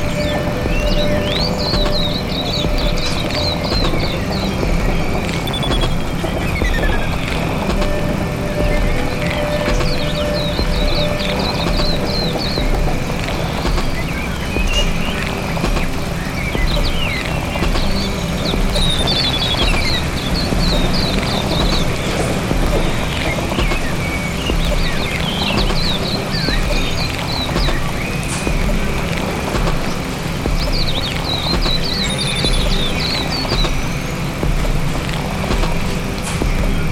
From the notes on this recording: Duomo, Siena, Italy